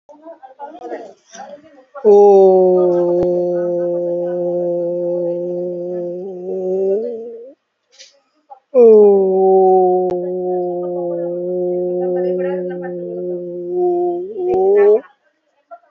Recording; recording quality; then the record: sustained vowel as in boot; moderate, slight background noise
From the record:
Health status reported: COVID-19 positive, moderate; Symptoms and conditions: breathing difficulty, fever, loss of smell and taste, hypertension, diabetes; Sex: male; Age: 57 years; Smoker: not ticked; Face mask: worn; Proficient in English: yes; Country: India